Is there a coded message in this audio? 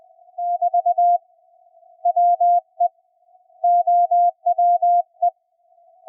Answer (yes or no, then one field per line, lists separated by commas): yes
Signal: Morse code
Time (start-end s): 0.5-5.3 s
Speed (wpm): 19 wpm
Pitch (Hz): 690 Hz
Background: none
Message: 4 WE OWE